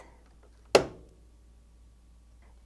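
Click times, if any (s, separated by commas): 0.8 s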